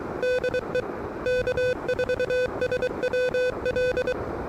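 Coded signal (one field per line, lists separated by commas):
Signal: Morse code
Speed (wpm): 23 wpm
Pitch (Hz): 500 Hz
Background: music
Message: DE K4SWL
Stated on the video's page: Pedestrian mobile QRP activation at a state recreation area using an Elecraft KH1, early morning.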